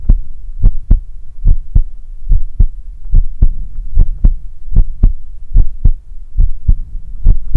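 A steady, normal adult heartbeat heard up close at about 72 beats per minute, each beat a low, soft double thump, with a faint low hum between beats.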